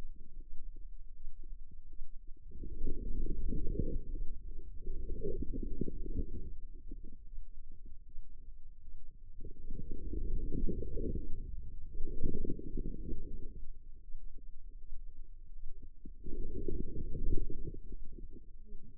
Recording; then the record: forearm muscle sounds (acoustic myography)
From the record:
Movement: inward rotation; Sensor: system 2, bracelet of six BSWA MPA416 microphones around the upper forearm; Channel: 2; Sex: female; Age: 25 years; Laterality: right